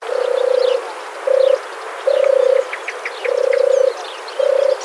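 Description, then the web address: European turtle dove giving soft, rough purrs, some drawn out and some short, spaced unevenly, while thin high chirps from other birds sound in the background. "ixoi Trygoni"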